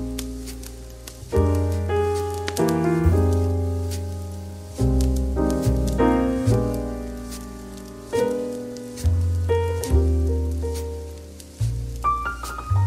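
Soft light jazz plays with a fireplace crackling underneath. Warm, low chords and bass notes change every second or two, each swelling and fading before the next, with brighter notes near the end. Small sharp crackles and pops sprinkle through the whole clip.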